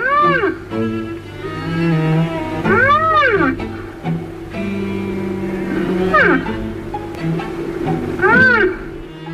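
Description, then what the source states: Rhinoceros calls: several arching, moaning mews that rise and fall, about four over nine seconds, over a steady low hum. Native to Africa and Asia, weighing up to 4 tons; sounds similar to the rhinoceros auklet.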